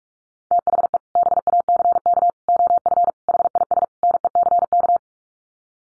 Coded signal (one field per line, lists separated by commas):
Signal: Morse code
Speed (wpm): 44 wpm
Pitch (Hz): 700 Hz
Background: none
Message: THE BACK OF HIS NECK